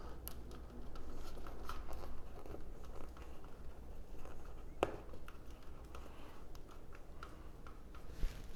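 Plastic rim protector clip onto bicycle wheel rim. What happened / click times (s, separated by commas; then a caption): The plastic clip snapped onto the wheel rim / 4.8 s. A small plastic rim-protector clip, used with tire irons so they don't scratch the rim, is pushed onto the rear wheel rim of a Himiway e-bike after some struggle, with scuffing, crinkling handling noise and a few small ticks. It snaps into place with a sharp click at 4.8 s and is seated.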